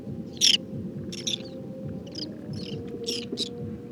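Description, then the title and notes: Whiskered tern calls, scattered harsh rasping notes, uneven in timing, with a constant low hum beneath. Wintering flock of two to three hundred birds picking insects from the water surface on a shallow lake with water lilies and lotus, Cambodia, 13 December 2018, 16:30; electric contact calls. "Observation sonore - Guifettes en hivernage - Cambodge. 13 décembre 2018-16h30. lac peu profond couvert de nénuphars et de lotus. Guifettes moustac (Chlidonias hybridus). Cris électriques de contact très caractéristiques"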